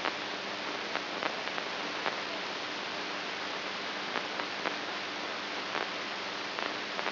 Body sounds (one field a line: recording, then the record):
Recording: brain microelectrode recording played as sound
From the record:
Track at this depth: outside the subthalamic nucleus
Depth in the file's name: 5.71 mm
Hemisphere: right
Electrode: 2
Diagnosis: Parkinson's disease